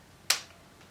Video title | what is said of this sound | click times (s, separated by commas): Setting up Camera, Tripod and Sound | you push that down until you hear a little click | 0.3 s